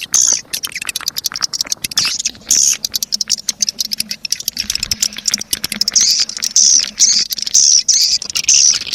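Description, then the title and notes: Swiftlet calls, high twittering chirps in bursts over rapid clicking patter. Sound used in swiftlet farming, Asia. "Swiflet Bird Sound. Farming Swiflet Bird asia sound"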